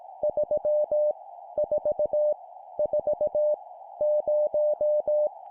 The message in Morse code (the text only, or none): 3 4 4 0